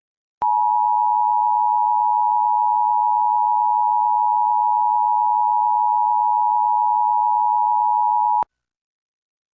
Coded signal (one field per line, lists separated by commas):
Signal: Emergency Alert System (SAME) tones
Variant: 853 and 960 Hz attention tone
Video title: EAS #1091-1092: 2 EAS Required Monthly Tests- July 7, 2025- 10:15AM PDT